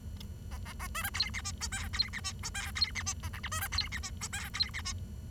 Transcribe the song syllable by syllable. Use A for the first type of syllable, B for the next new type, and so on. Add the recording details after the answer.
A A A B C D E F G H D E F G H D E F A I J B C D E F G H D E F. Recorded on 23 June 2012 at 07:36. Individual gr41rd51